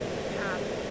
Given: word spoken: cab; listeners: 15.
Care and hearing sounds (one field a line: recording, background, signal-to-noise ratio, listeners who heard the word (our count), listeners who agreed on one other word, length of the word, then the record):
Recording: one English word in noise, from a listening test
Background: speech-shaped noise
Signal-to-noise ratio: -6.4 dB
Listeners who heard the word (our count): 2 of 15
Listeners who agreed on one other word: 8 of 15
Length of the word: 0.50 s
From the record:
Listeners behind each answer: 8, 2, 1, 1, 1, 1, 1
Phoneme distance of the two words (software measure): 17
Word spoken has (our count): 1 syllable, 3 phonemes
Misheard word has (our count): 1 syllable, 2 phonemes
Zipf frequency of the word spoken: 4.03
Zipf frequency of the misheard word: 6.90